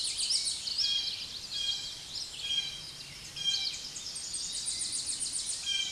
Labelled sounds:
Tennessee Warbler (Leiothlypis peregrina) song
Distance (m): 30 m
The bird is about 15 m above the microphone
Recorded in a Pennsylvania forest on 16 May 2024 at 08:57
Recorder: AudioMoth, point MSD-2143
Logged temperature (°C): 16.0 °C
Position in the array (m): 28 m, 152 m

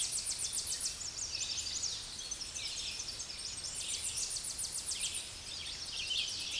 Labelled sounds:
Tennessee Warbler (Leiothlypis peregrina) song
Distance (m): 20 m
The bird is about level with the microphone
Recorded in a Pennsylvania forest on 16 May 2024 at 08:09
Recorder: AudioMoth, point MSD-2305
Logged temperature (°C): 16.9 °C
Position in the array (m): 67 m, 174 m

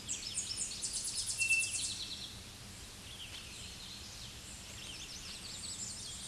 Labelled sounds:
Tennessee Warbler (Leiothlypis peregrina) song
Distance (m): 5 m
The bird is about level with the microphone
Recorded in a Pennsylvania forest on 16 May 2024 at 07:51
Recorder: AudioMoth, point MSD-2039
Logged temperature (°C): 15.0 °C
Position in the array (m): 68 m, 91 m

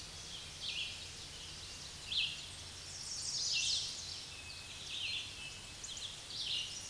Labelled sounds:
Red-eyed Vireo (Vireo olivaceus) song
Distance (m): 35 m
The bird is about 25 m above the microphone
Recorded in a Pennsylvania forest on 16 May 2024 at 06:31
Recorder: AudioMoth, point MSD-2095
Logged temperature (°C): 16.3 °C
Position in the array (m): 164 m, 71 m

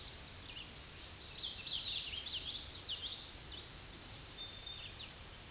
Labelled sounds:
Common Yellowthroat (Geothlypis trichas) song
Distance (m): 40 m
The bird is about 20 m above the microphone
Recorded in a Pennsylvania forest on 16 May 2024 at 08:19
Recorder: AudioMoth, point MSD-2304
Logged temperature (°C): 16.0 °C
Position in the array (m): 233 m, 190 m

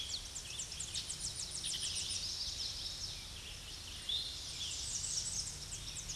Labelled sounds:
Tennessee Warbler (Leiothlypis peregrina) song
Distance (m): 70 m
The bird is about 30 m above the microphone
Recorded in a Pennsylvania forest on 16 May 2024 at 07:44
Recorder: AudioMoth, point MSD-0263
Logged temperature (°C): 16.0 °C
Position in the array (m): 138 m, 248 m

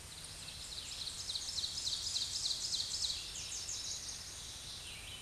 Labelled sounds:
Ovenbird (Seiurus aurocapilla) song
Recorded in a Pennsylvania forest on 16 May 2024 at 07:54
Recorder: AudioMoth, point MSD-0627
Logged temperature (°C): 14.8 °C
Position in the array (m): 145 m, -8 m

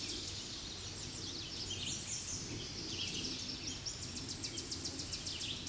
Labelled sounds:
American Redstart (Setophaga ruticilla) song
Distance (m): 30 m
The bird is about 15 m above the microphone
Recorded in a Pennsylvania forest on 16 May 2024 at 06:46
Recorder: AudioMoth, point MSD-2305
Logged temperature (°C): 16.9 °C
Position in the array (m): 48 m, 220 m

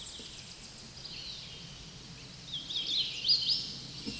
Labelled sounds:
Hooded Warbler (Setophaga citrina) song
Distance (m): 125 m
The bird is about 25 m above the microphone
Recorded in a Pennsylvania forest on 16 May 2024 at 09:50
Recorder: AudioMoth, point MSD-0215
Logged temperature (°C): 16.1 °C
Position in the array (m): -70 m, 186 m

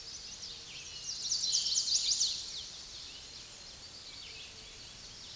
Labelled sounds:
Chestnut-sided Warbler (Setophaga pensylvanica) song
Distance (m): 5 m
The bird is about 5 m above the microphone
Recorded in a Pennsylvania forest on 16 May 2024 at 06:07
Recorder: AudioMoth, point MSD-2257
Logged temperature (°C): 16.0 °C
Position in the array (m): 181 m, 173 m

